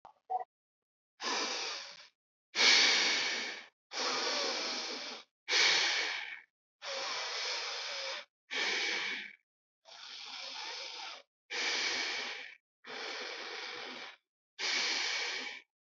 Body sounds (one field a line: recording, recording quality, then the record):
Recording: deep breathing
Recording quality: excellent, no background noise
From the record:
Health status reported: healthy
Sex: male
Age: 23 years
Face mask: not worn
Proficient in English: yes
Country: India